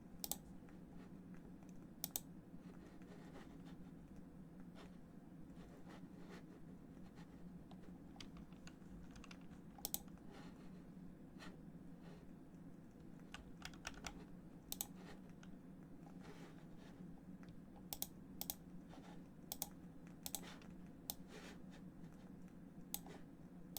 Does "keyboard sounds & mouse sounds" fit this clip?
yes